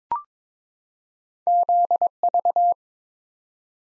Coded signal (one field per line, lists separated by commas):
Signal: Morse code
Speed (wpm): 22 wpm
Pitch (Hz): 700 Hz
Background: none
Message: ZV